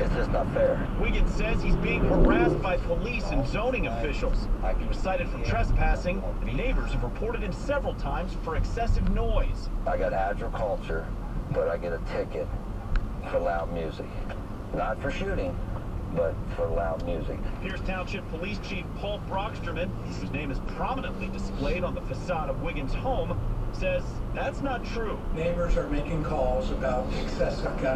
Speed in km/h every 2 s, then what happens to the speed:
55, 50, 44, 37, 27, 23, 24, 26, 23, 27, 35, 40, 45, 53.
0-10 slows to 23. 10-16 steady at about 23. 16-28 speeds up to 53.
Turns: 13-17.